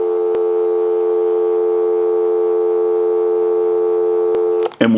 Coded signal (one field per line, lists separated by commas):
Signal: telephone call progress tone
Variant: North America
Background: speech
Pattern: dial tone